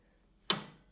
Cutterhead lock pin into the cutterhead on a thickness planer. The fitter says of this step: it locks in at each of the different blades, which is great.